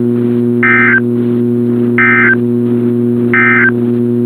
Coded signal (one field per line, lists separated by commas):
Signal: Emergency Alert System (SAME) tones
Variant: end-of-message bursts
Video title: CRP Required Weekly Test on WXK26 (EAS 444) - 02/02/2022